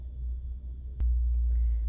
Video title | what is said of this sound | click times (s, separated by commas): Pantalla IPS y carcasa nueva a Game Boy Advance SP Transmitir imagen a una pantalla o monitor | hace un click y ya queda | 1.0 s